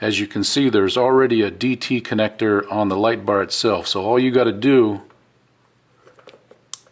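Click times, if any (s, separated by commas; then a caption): 6.7 s. A wiring harness DT connector is plugged into the mating plastic DT connector on a 20-inch 4WDKING LED light bar for a Crown Victoria. Someone talks for the first five seconds, then small clicks and handling noises lead to a sharp click at 6.7 s as the connector seats.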